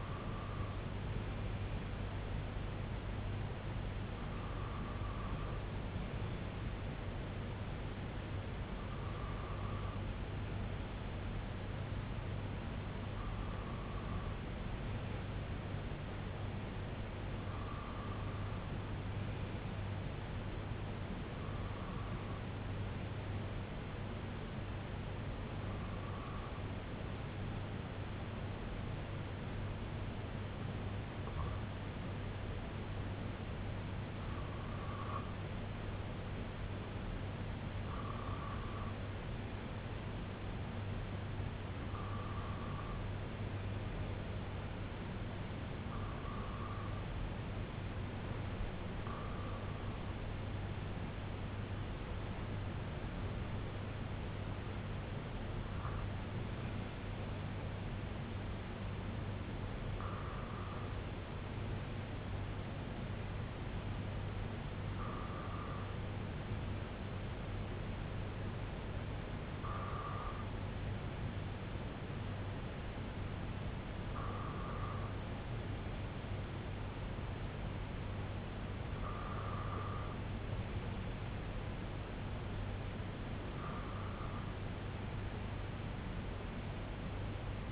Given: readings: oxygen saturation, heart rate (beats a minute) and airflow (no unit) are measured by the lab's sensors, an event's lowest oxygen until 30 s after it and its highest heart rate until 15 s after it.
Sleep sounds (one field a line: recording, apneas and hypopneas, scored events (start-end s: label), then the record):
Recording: breathing in sleep by a voice recorder at the bedside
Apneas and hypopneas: 1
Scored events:
15.00-36.10 s: hypopnea (N2, oxygen 95% highest, then 94% lowest, heart rate 68 at the start, 71 highest)
43.00-73.00 s: new sleep stage, N1 (lightest sleep)
73.00-87.72 s: new sleep stage, N2 (light sleep)
From the record:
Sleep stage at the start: N2 (light sleep)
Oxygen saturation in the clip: 94 to 96%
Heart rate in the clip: 58 to 80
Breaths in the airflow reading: 22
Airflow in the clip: -5.6 to 4.3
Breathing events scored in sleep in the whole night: 258 in 7.4 hours asleep